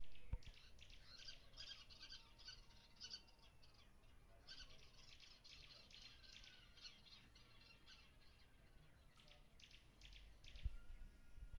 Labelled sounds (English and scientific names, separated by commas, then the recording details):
Great Spotted Cuckoo (Clamator glandarius)
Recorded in northern Uganda